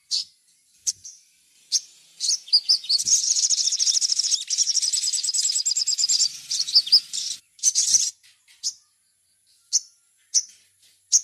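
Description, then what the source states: Little spiderhunter song: sparse high chips, a central run of rapid pulsed trilling lasting several seconds, then widely spaced sharp notes. Masteran, a training recording of the song.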